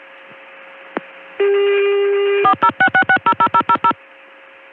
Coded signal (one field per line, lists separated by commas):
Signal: DTMF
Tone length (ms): 80 ms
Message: 4066600000